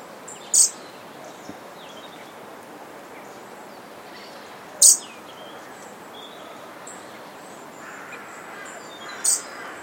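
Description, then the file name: European robin giving short, sharp high calls, three brief bursts spaced about four seconds apart over a steady background hiss with faint bird notes. "Erithacus rubecula"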